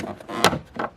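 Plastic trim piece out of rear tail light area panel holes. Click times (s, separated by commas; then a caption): 0.4 s. A plastic trim piece in the rear tail light area panel of a 2021 Tahoe is pried from underneath and popped out of its tab holes. A sharp pop at 0.4 s stands out among softer scraping and rubbing noises, with another bump near 0.8 s. The trim piece comes free.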